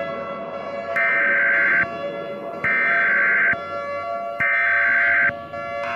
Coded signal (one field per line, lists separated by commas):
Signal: Emergency Alert System (SAME) tones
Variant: header bursts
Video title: EAS scenario: Chernobyl